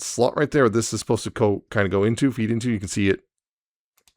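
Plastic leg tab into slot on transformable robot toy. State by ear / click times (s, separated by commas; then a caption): seated / 4.0 s, 4.1 s. Someone talks for about three seconds while feeding a small plastic tab on the leg section of a Transformers Synergenex Basara Prime robot toy into a slot during its change to walker mode. After a brief silence, two faint, sharp clicks come at 4.0 s and 4.1 s as the tab seats into place.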